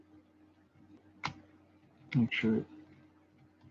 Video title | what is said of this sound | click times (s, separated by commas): GPD XD Plus - Complete Teardown | sure kind of clicks in place you can see the holes are aligned so you're good | 1.3 s